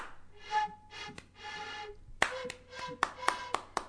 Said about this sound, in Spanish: ¡Bravo, bravo! ¡Sí, sí! ¡Bravo, bravo! ¡Un aplauso para ellos que vienen desde tan lejos!